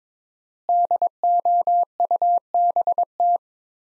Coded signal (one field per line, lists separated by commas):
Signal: Morse code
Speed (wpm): 22 wpm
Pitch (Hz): 700 Hz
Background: none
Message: DOUBT